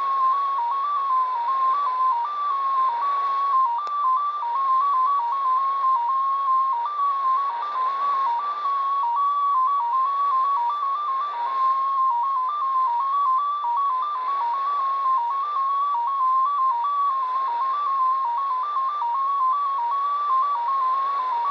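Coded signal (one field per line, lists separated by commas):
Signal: numbers station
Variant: XPA2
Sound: a single tone hopping between close pitches around 1 kHz, continuous, over radio hiss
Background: radio static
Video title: Degen DE-1103 - XPA2 18/12/2022 1130 UTC 17451kHz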